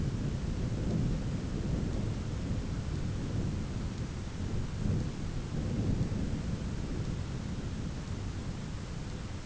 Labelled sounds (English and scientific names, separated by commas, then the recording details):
none
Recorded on Arctic tundra, site ZACK-1, on 9 June 2019
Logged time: 17:49